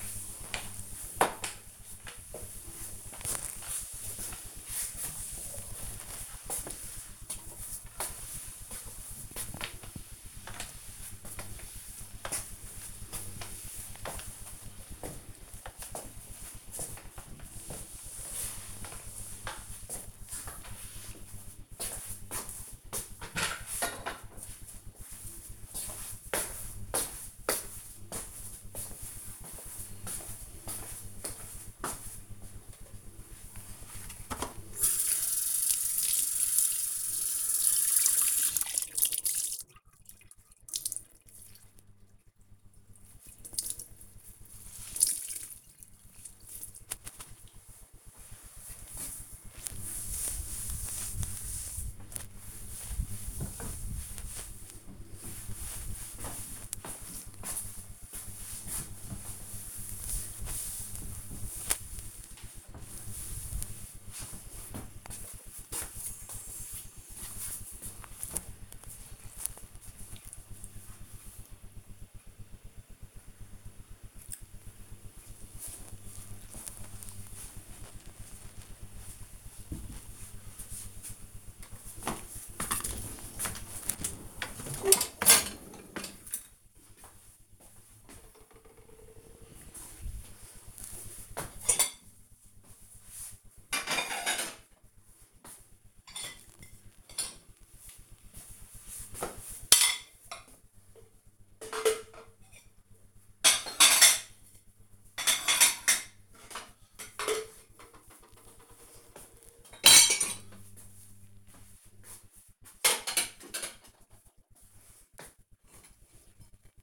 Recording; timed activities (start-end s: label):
household activities, microphone on the right wrist
0.00-19.93 s: floor cleaning
32.02-64.25 s: cleaning table
81.38-116.82 s: cleaning out the dishwasher